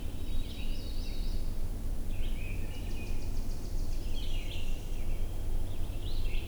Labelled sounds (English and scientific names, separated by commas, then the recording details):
Red-eyed Vireo (Vireo olivaceus) song
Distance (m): 60 m
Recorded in boreal forest in Alberta, Canada, on 21 June 2016 at 08:27
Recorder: SongMeter 3, array SBT-6-81
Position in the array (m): 49 m, 229 m